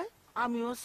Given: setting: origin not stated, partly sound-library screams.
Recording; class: one-second piece from a danger detection set; normal situation